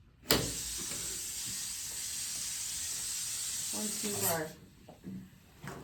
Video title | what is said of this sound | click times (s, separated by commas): Nitrous Oxide Video | You will hear an audible click. | 0.3 s